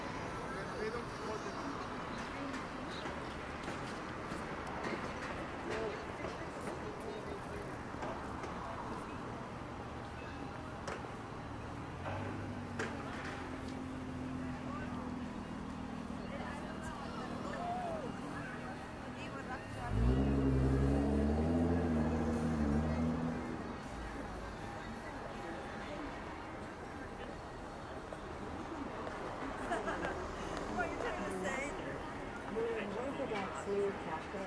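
Daytime street bustle in Akihabara: constant voices and traffic, with a loud low engine or announcement swelling around twenty seconds, then fading.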